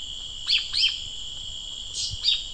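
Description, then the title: Bird song: a few short high chirped notes over a steady high insect-like hum. "LuckyPassaro Completos2Sama"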